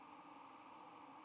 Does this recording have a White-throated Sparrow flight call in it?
no